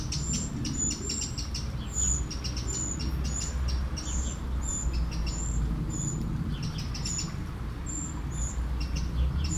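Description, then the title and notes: Eurasian blackbird giving many thin, high, drawn-out whistles, with faint clicking notes between them, over a constant low rumbling background. One blackbird by a small river in Aveize, France, 12 July 2017; recorded with DPA-2006c microphones in AB position into an SD MixPre-3. "Aveize, France - Merle - Blackbird. 20170712-Merle et ruisseau. Bord de ruisseau, un merle, quelques mouches, des avions au loin"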